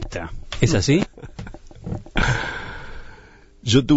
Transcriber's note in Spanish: Se ríe